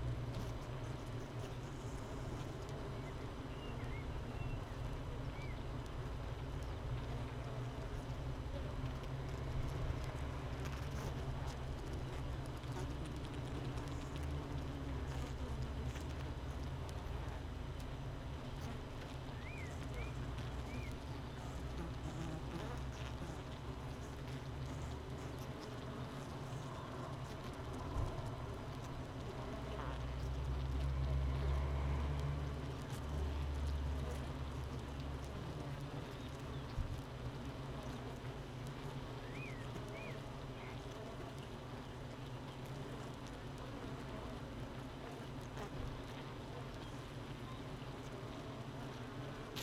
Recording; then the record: honeybee colony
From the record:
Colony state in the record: missing queen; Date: 31 May 2018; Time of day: 7:43